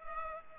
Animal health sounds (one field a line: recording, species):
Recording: mosquito wingbeat signal from an infrared sensor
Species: Culex pipiens